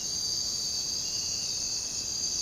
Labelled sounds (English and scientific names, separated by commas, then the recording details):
none
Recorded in secondary vegetation near Puerto Asís, Putumayo, Colombia, on 13 March 2025 at 04:00
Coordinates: 0.484, -76.319
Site G010